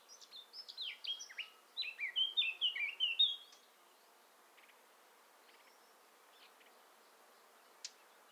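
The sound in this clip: Eurasian blackcap song: a quick scratchy warble that turns into bright fluted whistles, then stops, leaving faint background noise and a single sharp click.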